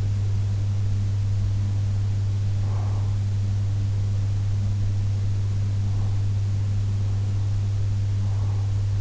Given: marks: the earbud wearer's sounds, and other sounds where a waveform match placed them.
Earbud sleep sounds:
sounds in sleep by an in-ear microphone; breath
2.58-3.09 s: breath

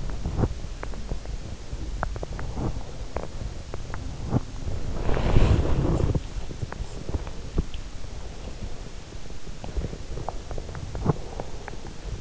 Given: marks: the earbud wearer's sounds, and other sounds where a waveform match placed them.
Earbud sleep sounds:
sounds in sleep by an in-ear microphone; body movement
0.00-12.21 s: body movement

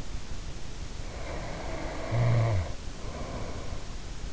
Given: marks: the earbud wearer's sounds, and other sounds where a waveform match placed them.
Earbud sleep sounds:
sounds in sleep by an in-ear microphone; snoring breath
0.91-4.10 s: snoring breath

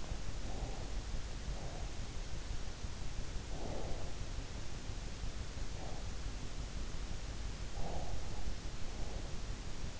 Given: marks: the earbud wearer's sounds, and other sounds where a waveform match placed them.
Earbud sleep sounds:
sounds in sleep by an in-ear microphone; breath
0.00-2.01 s: breath
3.44-6.30 s: breath
7.73-9.55 s: breath

